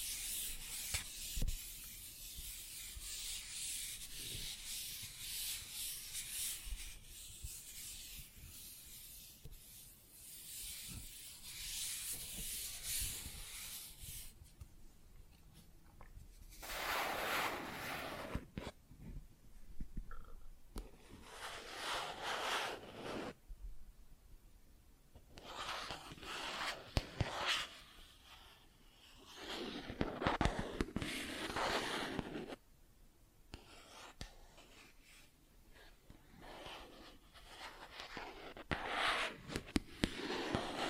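Plastic objects are scratched and tapped. For the first fourteen seconds a steady, dense, bright scraping runs on; after that comes a series of separate strokes and rubs, some long and hissy, with short sharp taps scattered between and brief pauses.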